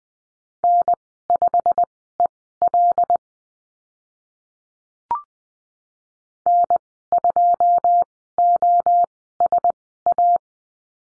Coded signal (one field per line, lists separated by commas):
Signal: Morse code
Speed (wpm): 20 wpm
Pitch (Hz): 700 Hz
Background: none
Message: N5EL N2OSA